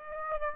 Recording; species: mosquito wingbeat signal from an infrared sensor; Aedes aegypti